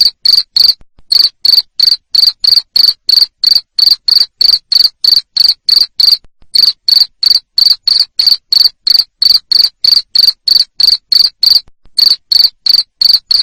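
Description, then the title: Cricket chirping continuously, high pulsed notes about three per second, with a few short pauses across the run. Loud cricket chirping played to make lovebirds sing ngekek continuously. "Suara JANGKRIK NGERIK Keras Bikin LOVEBIRD Jadi NGEKEK Terus Vubey"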